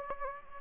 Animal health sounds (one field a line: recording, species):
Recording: mosquito wingbeat signal from an infrared sensor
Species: Anopheles gambiae